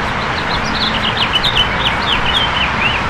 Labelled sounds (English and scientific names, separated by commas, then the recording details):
House Finch (Haemorhous mexicanus) song
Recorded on Long Island, New York, on 22 June 2012
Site AU
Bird A